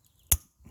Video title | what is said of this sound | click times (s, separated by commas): DIY How To Change Replace Oxygen Sensor Upstream O2 Sensor 2001-2005 Honda Civic LX P0132 OBD2 Code | it clicks as well | 0.3 s